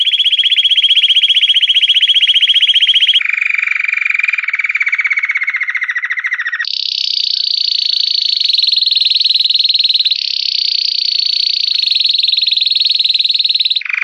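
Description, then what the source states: Canary singing sustained rolling trills that shift in steps, first a steady mid trill, then a lower buzzing roll, then a long high trill, ending with a brief lower note. Champion canary singing.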